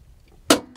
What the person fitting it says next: You heard the click. That means I'm free.